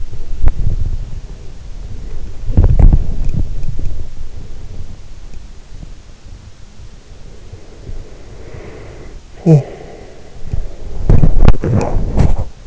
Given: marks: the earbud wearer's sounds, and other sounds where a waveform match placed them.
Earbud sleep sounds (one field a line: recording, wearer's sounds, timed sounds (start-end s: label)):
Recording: sounds in sleep by an in-ear microphone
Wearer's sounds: body movement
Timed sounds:
0.00-12.67 s: body movement